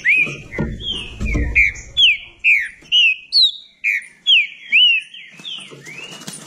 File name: canto do trinca ferro